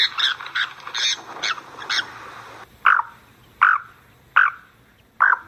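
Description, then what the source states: Mountain Plover calls: several short notes, then four louder, lower calls spaced under a second apart. Song and some calls.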